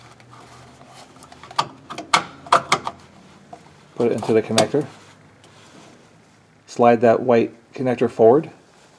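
A white plastic wiring harness connector on a 2021 Ram bed step is handled and slid forward toward its mating connector while someone talks. A cluster of short, sharp plastic-handling ticks is heard between about 1.6 and 2.9 seconds. Nothing has seated or clicked yet by the end of the clip.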